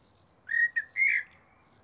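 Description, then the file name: Common blackbird calls: three short clear whistled notes near the middle, the last slightly higher and longer, over a quiet background. "Turdus merula"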